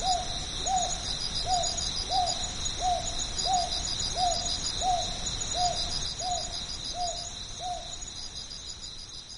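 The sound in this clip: Northern boobook calling a steady string of mellow, evenly spaced hoots.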